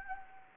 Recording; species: mosquito wingbeat signal from an infrared sensor; Anopheles gambiae